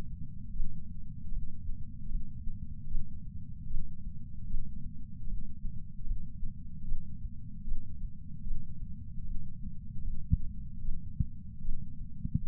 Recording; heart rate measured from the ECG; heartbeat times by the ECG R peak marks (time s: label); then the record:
heart sounds by patch sensor on the chest; 76 bpm
0.53 s: heartbeat
1.31 s: heartbeat
2.09 s: heartbeat
2.89 s: heartbeat
3.68 s: heartbeat
4.48 s: heartbeat
5.27 s: heartbeat
6.05 s: heartbeat
6.86 s: heartbeat
7.65 s: heartbeat
8.44 s: heartbeat
9.24 s: heartbeat
10.02 s: heartbeat
10.83 s: heartbeat
11.62 s: heartbeat
12.42 s: heartbeat
From the record:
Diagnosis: coronary artery disease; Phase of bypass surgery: postoperative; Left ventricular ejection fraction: 60%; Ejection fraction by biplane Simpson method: 54%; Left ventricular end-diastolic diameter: 47 mm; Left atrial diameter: 39 mm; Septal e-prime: 8.6 cm/s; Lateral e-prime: 7.5 cm/s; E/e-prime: 10.3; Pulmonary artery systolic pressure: 24 mmHg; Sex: male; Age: 75 years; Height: 168 cm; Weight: 74 kg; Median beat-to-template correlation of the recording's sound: 0.84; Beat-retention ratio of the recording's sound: 0.99